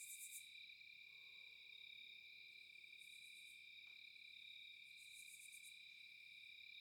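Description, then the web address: Crickets trilling continuously in high bands, with short, even higher pulsed bursts every few seconds and a faint brief tap midway. Night ambience at a cabin in a quiet forest with no wind. "Eiravaein Works - Vaeyan IV AMB,cabin,forest,night,crickets"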